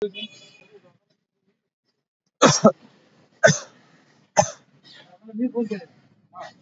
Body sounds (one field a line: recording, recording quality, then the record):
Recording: heavy voluntary cough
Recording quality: excellent, no background noise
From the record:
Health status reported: healthy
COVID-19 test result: negative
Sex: male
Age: 45 years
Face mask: worn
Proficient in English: yes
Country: India